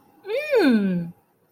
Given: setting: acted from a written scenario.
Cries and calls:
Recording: vocal sound without words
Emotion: positive surprise

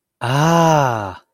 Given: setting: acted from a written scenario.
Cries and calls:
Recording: vocal sound without words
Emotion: elation

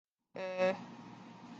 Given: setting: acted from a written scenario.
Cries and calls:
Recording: vocal sound without words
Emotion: neutral

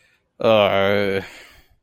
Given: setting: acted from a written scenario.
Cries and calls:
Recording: vocal sound without words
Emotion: pain

